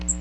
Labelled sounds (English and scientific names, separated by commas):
Magnolia Warbler (Setophaga magnolia) flight call